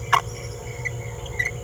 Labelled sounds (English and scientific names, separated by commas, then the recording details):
Green-rumped Parrotlet (Forpus passerinus) babbling
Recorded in a nest box in Venezuela
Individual 18B17A4